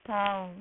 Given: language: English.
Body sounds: throat vibration sensor signal played as sound; speech

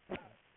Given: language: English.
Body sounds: throat vibration sensor signal played as sound; cough

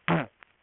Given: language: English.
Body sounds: throat vibration sensor signal played as sound; throat clearing

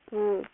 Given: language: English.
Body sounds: throat vibration sensor signal played as sound; speech

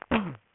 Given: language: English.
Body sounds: throat vibration sensor signal played as sound; cough

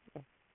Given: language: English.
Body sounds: throat vibration sensor signal played as sound; speech

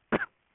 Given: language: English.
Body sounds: throat vibration sensor signal played as sound; cough

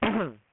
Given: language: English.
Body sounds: throat vibration sensor signal played as sound; cough

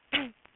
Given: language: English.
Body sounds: throat vibration sensor signal played as sound; cough

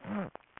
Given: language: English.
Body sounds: throat vibration sensor signal played as sound; throat clearing

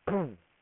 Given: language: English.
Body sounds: throat vibration sensor signal played as sound; throat clearing

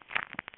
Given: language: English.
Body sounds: throat vibration sensor signal played as sound; swallow

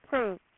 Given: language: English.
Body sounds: throat vibration sensor signal played as sound; speech

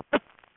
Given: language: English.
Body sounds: throat vibration sensor signal played as sound; cough

